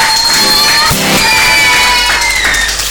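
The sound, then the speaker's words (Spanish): A loud, sustained burst of audience applause and cheering for the people of a centre marking its 10th anniversary, with shouts and whoops rising over a dense wash of clapping throughout the three seconds. “10 años, y vamos a brindar un fuerte aplauso para todos ellos y para todas las personas que hacen posible esto.”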